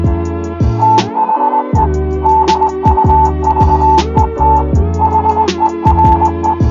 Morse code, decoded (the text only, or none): THE DUVET HERE